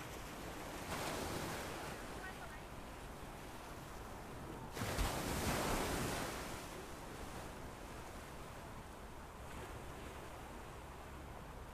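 Light ocean waves wash in with a steady hiss, swelling gently around one second and more strongly near five seconds before easing back. Low wind rumble buffets the microphone throughout, and a faint voice may sit in the background.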